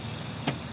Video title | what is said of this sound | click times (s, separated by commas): 👉 2019 Subaru Ascent Touring - Ultimate In-Depth Look in 4K | it locks in place right here so | 0.5 s